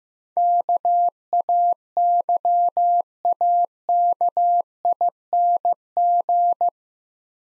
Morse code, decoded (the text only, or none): KAYAKING